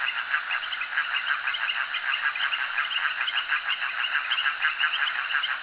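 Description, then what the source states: Frog chorus with rhythmic pulsing notes and brighter chirps repeated quickly over a continuous mid-pitched background of many callers. Frogs calling at a jetty.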